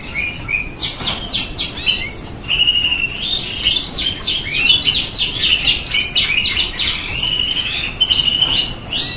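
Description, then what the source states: Bird song: a dense run of rapid chirps, trills and sharp whistled notes packed closely together, continuous and high-pitched over a low background hiss. Masteran tutor recording used to train cage birds.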